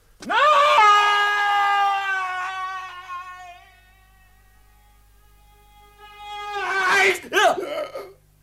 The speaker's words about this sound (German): warum schreit ihr plötzlich?